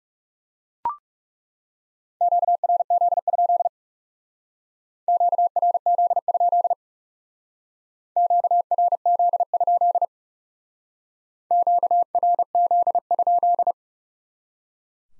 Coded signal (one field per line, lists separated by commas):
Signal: Morse code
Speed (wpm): 38 wpm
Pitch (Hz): 700 Hz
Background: none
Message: QRZ? QRZ? QRZ? QRZ?